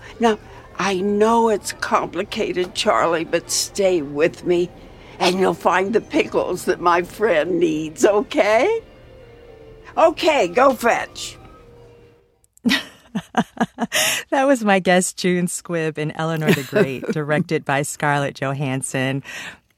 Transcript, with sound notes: Now, I know it's complicated, Charlie. But stay with me, and you'll find the pickles that my friend needs, OK? OK, go fetch.
(Laughter) That was my guest, June Squibb, in "Eleanor The Great."
(Laughter).
Directed by Scarlett Johansson.